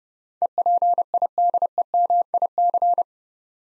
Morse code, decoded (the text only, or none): EPIDEMIC